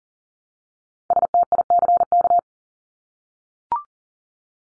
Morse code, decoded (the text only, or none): STICK